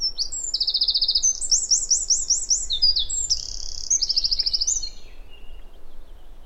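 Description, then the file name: Eurasian wren delivering an energetic high song of quick buzzy trills and looping repeated notes, fading into quieter background noise near the end. "Troglodytes troglodytes"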